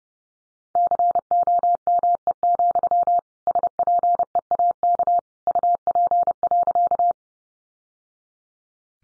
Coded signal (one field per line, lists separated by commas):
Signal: Morse code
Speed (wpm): 30 wpm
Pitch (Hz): 700 Hz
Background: none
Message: COME, SPEAK UP.